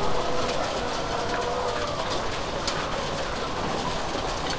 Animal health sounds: poultry house recording; healthy chickens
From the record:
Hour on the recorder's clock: 18

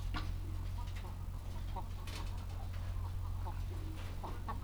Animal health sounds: poultry house recording; sick chickens (respiratory disease)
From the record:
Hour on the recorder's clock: 14

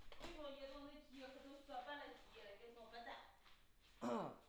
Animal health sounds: poultry house recording; no chicken sound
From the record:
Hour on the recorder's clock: 9

